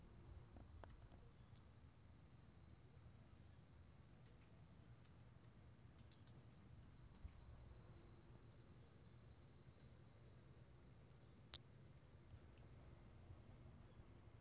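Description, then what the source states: Pumpkin toadlet uttering three single sharp high notes about five seconds apart over a faint low hum. 4 February 2016.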